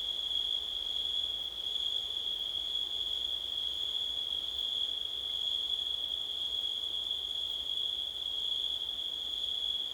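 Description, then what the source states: Cricket trilling continuously at a high, steady pitch over a soft noisy background. September night, with wind.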